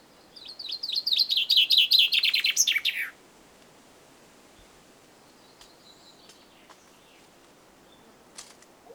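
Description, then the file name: Common chaffinch song: a fast, high trill of repeated notes falling in pitch, ending in a flourish after about three seconds, then quiet with faint chirps. "Fringilla coelebs"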